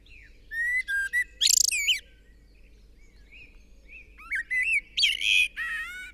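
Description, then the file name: Eurasian blackbird song: loud fluted warbling whistles broken by squeaky high chattering bursts, two full phrases separated by a pause of about two seconds. "Turdus merula"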